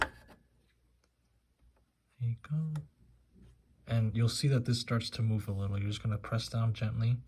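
A RAM memory module is lined up over a motherboard DIMM slot before being pressed in. A brief sharp sound at the very start gives way to faint handling noise while someone talks. Nothing has seated or clicked yet.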